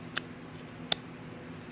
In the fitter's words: that's just an honest slow speed click